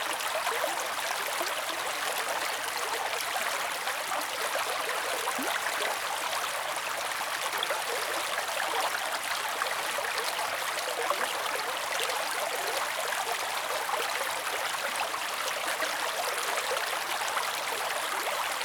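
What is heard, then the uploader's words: A brook babbles steadily and densely, its bright, fizzing splashes unbroken and even in loudness from start to finish. Bubbly Babbling Brook. Water and nature sounds.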